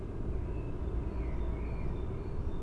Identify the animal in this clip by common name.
Great Tit